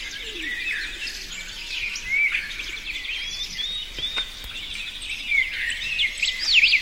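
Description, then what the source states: Forest birds in chorus, many thin whistled and chirping notes overlapping, some sweeping up and down, against constant high background hiss. Forest setting.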